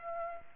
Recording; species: mosquito wingbeat signal from an infrared sensor; Aedes aegypti